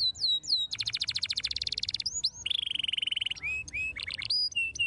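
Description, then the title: Canary song: varied high phrases of rapid buzzy trills, a steady flat trill, then clipped whistled notes and short downslurred slides. Belgian canary song played to warm up young canaries and make them active and singing. "Canto Para Esquentar Canário Belga. RANGSANGAN SUARA BURUNG KENARI GACOR - BIKIN KENARI MUDA JADI AKTIF BUNYI DAN BERKICAU"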